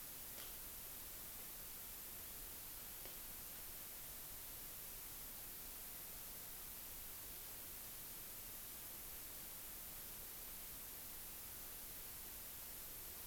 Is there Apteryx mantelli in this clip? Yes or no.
no